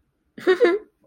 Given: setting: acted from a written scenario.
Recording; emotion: vocal sound without words; pride